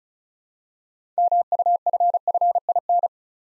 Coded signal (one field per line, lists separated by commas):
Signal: Morse code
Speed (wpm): 36 wpm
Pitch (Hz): 700 Hz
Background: none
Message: MUFFIN